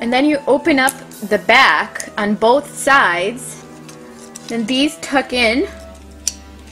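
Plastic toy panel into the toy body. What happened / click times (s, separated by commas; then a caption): Plastic panels handled and tucked, not yet seated / none. Plastic panels of a transforming helicopter robot toy are handled, opened at the back on both sides, and tucked into the toy body while someone talks over background music. Faint plastic taps and a sharp tick near the end are heard, but the panel has not snapped into place yet and nothing has seated or clicked.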